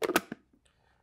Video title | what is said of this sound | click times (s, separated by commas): Video Overview - Peak Water Dial and Flap Upgrade Overview | it'll stay on its own then you can take the lid and press it down on top of it until it clicks | 0.2 s